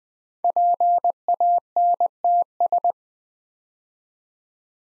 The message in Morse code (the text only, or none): PANTS